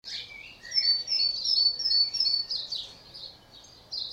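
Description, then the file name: Great tit calls: a dense burst of sharp high notes with a few lower notes. "Parus major"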